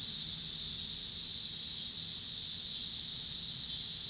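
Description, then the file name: Cicada: brief stretch of continuous shrill cicada buzzing, with soft low car rumble. Cicadas with passing car traffic in Pittsburgh, Pennsylvania, on 26 August 2023. "cicadas and cars Pittsburgh PA"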